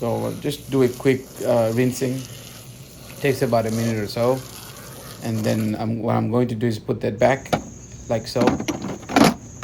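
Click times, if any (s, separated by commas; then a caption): 9.2 s. Someone talks while the rinsed filter basket of a robotic pool cleaner is put back into the robot's body. A sharp plastic snap at 9.2 seconds marks the basket seating in place.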